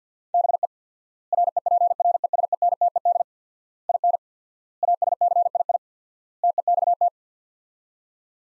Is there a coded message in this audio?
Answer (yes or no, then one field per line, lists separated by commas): yes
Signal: Morse code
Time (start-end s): 0.3-7.1 s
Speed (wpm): 50 wpm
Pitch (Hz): 700 Hz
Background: none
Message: BE REPRESENTED IN ASCII TEXT